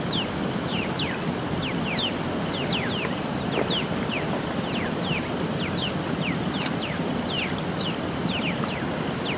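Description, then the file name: Black-chested mountain tanager giving rapid, thin downslurred call notes, with a steady roaring background and a couple of faint clicks. "Buthraupis eximia - Black-chested Mountain Tanager"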